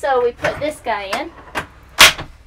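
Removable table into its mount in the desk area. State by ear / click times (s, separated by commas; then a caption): seated / 2.0 s. Someone talks while putting a removable fold-out table into its mount in a bus's desk area, so two people can sit across from each other. A softer knock at 1.6 s is followed by a loud, sharp hit at 2.0 s as the table pops into place and is seated.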